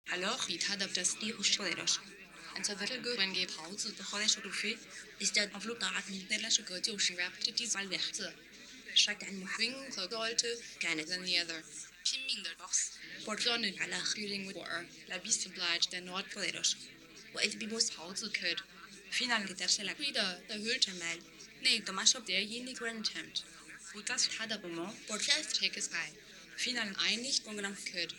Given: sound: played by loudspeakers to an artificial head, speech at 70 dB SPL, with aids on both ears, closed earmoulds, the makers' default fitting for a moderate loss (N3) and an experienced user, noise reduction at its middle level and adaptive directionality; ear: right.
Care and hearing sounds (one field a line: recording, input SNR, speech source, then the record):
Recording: speech test signal (ISTS) in cocktail-party noise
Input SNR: +6 dB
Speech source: on the right (90 degrees)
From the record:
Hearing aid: class 1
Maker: J